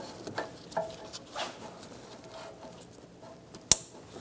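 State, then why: Seated. A plastic wiring harness connector is plugged onto a new EVAP purge solenoid valve for a 2012-2018 Ford Focus, before the valve is installed. A few faint taps and rustles lead up to a loud, sharp snap at 3.7 s as the connector clicks and seats onto the valve. No one talks.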